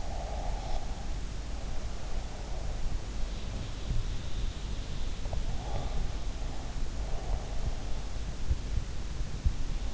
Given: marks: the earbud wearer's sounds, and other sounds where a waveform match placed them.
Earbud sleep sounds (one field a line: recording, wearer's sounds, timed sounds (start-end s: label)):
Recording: sounds in sleep by an in-ear microphone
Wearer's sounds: breath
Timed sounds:
0.00-0.94 s: breath